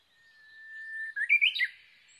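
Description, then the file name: Japanese bush warbler song, loud and clear: a long even whistle growing steadily louder, then a bright, jumping finish. Recorded 22 May 2011 at 05:43, early morning. "uguisu-20110522-0543"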